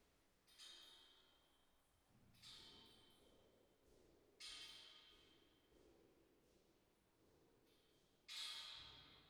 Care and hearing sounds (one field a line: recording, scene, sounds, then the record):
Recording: everyday scene through a hearing-aid microphone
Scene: reverberant space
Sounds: background noise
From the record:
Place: staircase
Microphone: behind the ear, right, rear